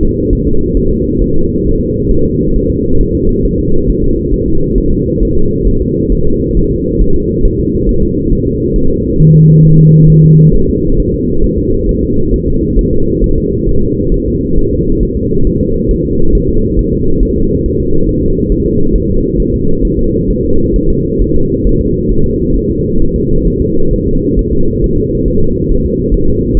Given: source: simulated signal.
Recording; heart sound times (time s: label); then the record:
fetal heart sounds
0.03 s: S2
0.33 s: S1
0.47 s: S2
0.77 s: S1
0.91 s: S2
1.22 s: S1
1.36 s: S2
1.66 s: S1
1.81 s: S2
2.11 s: S1
2.26 s: S2
2.56 s: S1
2.71 s: S2
3.01 s: S1
3.15 s: S2
3.45 s: S1
3.59 s: S2
3.90 s: S1
4.04 s: S2
4.34 s: S1
4.48 s: S2
4.78 s: S1
4.92 s: S2
5.23 s: S1
5.37 s: S2
5.67 s: S1
5.82 s: S2
6.12 s: S1
6.27 s: S2
6.57 s: S1
6.71 s: S2
7.02 s: S1
7.16 s: S2
7.45 s: S1
7.60 s: S2
7.89 s: S1
8.03 s: S2
8.33 s: S1
8.47 s: S2
8.76 s: S1
8.90 s: S2
9.20 s: S1
9.34 s: S2
9.65 s: S1
9.79 s: S2
10.10 s: S1
10.24 s: S2
10.55 s: S1
10.69 s: S2
11.00 s: S1
11.14 s: S2
11.44 s: S1
11.58 s: S2
11.89 s: S1
12.03 s: S2
12.34 s: S1
12.48 s: S2
12.79 s: S1
12.93 s: S2
13.24 s: S1
13.38 s: S2
13.69 s: S1
13.83 s: S2
14.14 s: S1
14.28 s: S2
14.59 s: S1
14.73 s: S2
15.03 s: S1
15.17 s: S2
15.47 s: S1
15.61 s: S2
15.91 s: S1
16.05 s: S2
16.35 s: S1
16.49 s: S2
16.79 s: S1
16.93 s: S2
17.23 s: S1
17.37 s: S2
17.66 s: S1
17.80 s: S2
18.09 s: S1
18.23 s: S2
18.52 s: S1
18.66 s: S2
18.96 s: S1
19.10 s: S2
19.40 s: S1
19.54 s: S2
19.85 s: S1
19.99 s: S2
20.30 s: S1
20.45 s: S2
20.76 s: S1
20.90 s: S2
21.22 s: S1
21.36 s: S2
21.67 s: S1
21.81 s: S2
22.12 s: S1
22.26 s: S2
22.56 s: S1
22.71 s: S2
23.02 s: S1
23.16 s: S2
23.48 s: S1
23.62 s: S2
23.93 s: S1
24.08 s: S2
24.39 s: S1
24.53 s: S2
24.84 s: S1
24.98 s: S2
25.28 s: S1
25.42 s: S2
25.71 s: S1
25.86 s: S2
26.14 s: S1
26.29 s: S2
26.57 s: S1
From the record:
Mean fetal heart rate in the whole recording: 135 bpm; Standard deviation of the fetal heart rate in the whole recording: 3 bpm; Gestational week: 36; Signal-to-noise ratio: -17.7 dB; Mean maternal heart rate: 72 bpm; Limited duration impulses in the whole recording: present